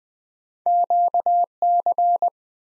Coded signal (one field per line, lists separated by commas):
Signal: Morse code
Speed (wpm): 20 wpm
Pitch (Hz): 700 Hz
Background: none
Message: QC